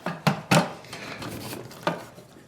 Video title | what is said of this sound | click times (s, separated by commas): Rojo Reata Rocketship demo for Amie & Jeff!!! | and then securely locks in place | 0.3 s, 1.9 s